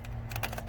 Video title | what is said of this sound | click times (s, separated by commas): 2014-2018 Silverado/Sierra Moroso Oil Catch Can | go you hear the click | 0.4 s